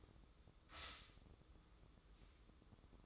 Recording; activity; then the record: daily activity, microphone in the room; stop toaster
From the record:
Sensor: 3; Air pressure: 995.2 hPa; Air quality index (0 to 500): 74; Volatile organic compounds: 5 ppm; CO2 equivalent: 1739 ppm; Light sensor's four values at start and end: 18/55/23/20 and 18/55/23/20